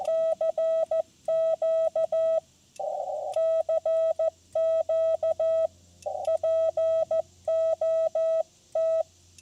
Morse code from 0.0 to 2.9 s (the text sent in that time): CQ